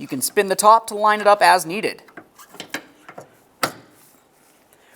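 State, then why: Seated. Someone talks while the upper end of a gas hood lift support on a 2003-2011 Mercury Grand Marquis is spun to line it up with the top ball stud. A few small handling taps follow, then a sharp snap at 3.6 s as the socket end is pressed onto the upper ball stud and seats.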